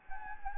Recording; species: mosquito wingbeat signal from an infrared sensor; Anopheles gambiae